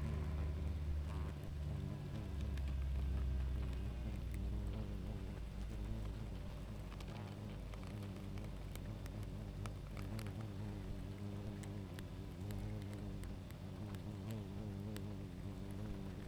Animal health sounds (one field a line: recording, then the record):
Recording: honeybee colony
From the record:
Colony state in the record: active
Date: 28 July 2017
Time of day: 21:00